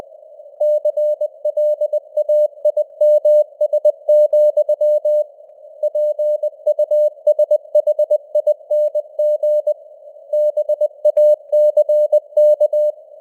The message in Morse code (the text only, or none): CLAIMS, PUSHING BACK